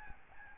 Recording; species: mosquito wingbeat signal from an infrared sensor; Aedes albopictus